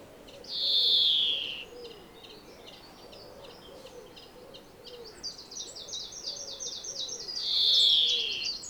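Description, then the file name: European greenfinch with a buzzy falling wheeze at the start and end, rippling trills in between, and low repeated notes from another bird underneath. "Chloris chloris"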